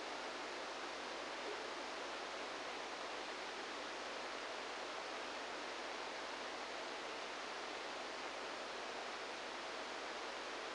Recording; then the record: brain microelectrode recording played as sound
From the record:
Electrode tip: inside the subthalamic nucleus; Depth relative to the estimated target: -1 mm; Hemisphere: right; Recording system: NeuroSet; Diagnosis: Parkinson's disease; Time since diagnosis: 10 years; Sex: male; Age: 63 years